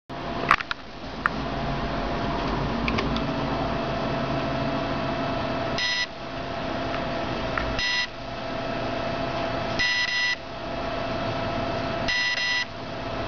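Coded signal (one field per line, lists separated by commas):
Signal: beep code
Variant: CopterX 30A ESC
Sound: four short buzzy beeps about two seconds apart over a steady hum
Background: motor or fan hum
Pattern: 4 short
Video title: CopterX 30AESC setting beep sequence.mp4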